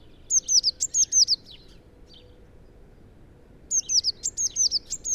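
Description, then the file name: Eurasian blue tit calling in two rapid bursts of high, sharply falling notes, about seven each, separated by a quiet gap of roughly two seconds. "Cyanistes caeruleus"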